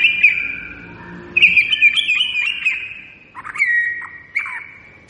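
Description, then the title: White-rumped shama singing rich whistled phrases with quick chattering flourishes, pausing briefly between bursts. Lure recording meant to draw a response from birds; singer described as gacor, lively and singing constantly. "PANCINGAN MEWAH MURAI BATU GACOR"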